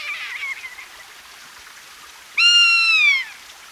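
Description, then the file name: Rough-legged buzzard mewing call: a faint falling squeal at the start, then a loud, drawn-out scream of nearly a second that drops away at its end, over steady hiss. "fjallvrak"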